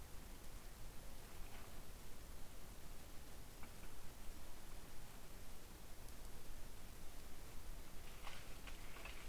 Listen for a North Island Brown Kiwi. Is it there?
no